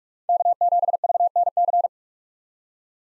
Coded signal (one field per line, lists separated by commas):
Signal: Morse code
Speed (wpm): 40 wpm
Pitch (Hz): 700 Hz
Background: none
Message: K7VNC